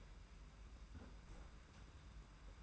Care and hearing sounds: daily activity, microphone in the room; close fridge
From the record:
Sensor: 2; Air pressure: 991.7 hPa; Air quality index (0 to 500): 221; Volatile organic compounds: 1000 ppm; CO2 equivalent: 7389 ppm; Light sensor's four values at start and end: 26/83/32/30 and 26/83/32/30

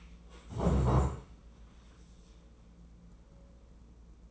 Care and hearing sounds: daily activity, microphone in the room; stand up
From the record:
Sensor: 1

